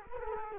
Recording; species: mosquito wingbeat signal from an infrared sensor; Culex quinquefasciatus